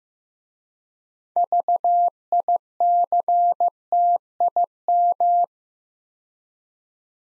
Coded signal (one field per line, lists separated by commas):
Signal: Morse code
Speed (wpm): 15 wpm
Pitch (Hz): 700 Hz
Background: none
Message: VICTIM